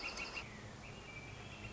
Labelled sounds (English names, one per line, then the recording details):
Northern Flicker
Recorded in Sonoma County, California